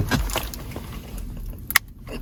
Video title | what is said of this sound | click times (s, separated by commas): How to Install an Android Head Unit on Mercedes ML GL with Reverse Camera | also clicked. | 1.7 s, 1.8 s